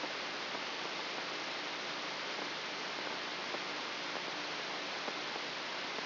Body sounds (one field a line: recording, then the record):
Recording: brain microelectrode recording played as sound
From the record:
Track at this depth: outside the subthalamic nucleus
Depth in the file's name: 7.897 mm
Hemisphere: left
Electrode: 3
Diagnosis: Parkinson's disease